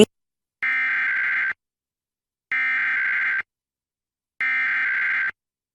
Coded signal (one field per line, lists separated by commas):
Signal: Emergency Alert System (SAME) tones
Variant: header bursts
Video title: New Jersey RMT for June 2023 [EAS #496-509]